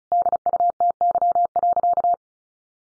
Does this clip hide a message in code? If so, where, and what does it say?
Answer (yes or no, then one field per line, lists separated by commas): yes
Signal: Morse code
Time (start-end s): 0.1-2.1 s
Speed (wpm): 34 wpm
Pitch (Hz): 700 Hz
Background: none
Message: DUTY.